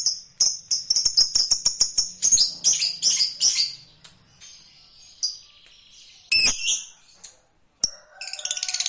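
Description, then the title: Lovebird chattering, a quick burst of shrill clicking notes, then scattered squeaks and a final buzzy trill. "Suara Lovebird"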